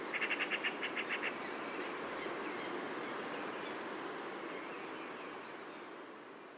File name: Pica pica